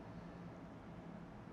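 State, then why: Not seated. A steel circlip is pushed into the groove of a KTM 990 Adventure motorcycle clutch master cylinder bore during hydraulic reassembly. Only a steady low rumbling hum with broadband hiss is heard, with no distinct click. Nothing has seated or clicked yet.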